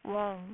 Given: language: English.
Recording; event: throat vibration sensor signal played as sound; speech